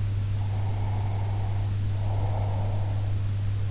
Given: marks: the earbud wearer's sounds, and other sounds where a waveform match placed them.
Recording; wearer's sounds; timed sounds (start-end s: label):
sounds in sleep by an in-ear microphone; breath
0.29-3.12 s: breath